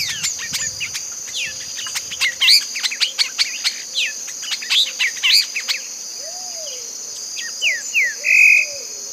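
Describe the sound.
Bird giving scattered sharp downslurred notes and low arched whistles, with a level tone near the end, beneath a steady shrill insect chorus.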